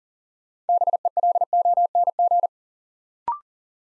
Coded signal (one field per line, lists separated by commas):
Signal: Morse code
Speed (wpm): 42 wpm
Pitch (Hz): 700 Hz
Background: none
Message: BELONG